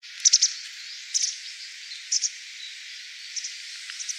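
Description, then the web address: White wagtail calls: sharp, high chipping notes in short groups of two or three, repeated every second or so over a steady background hiss. Recorded 19 February 2014. "birdenaga hakusekirei"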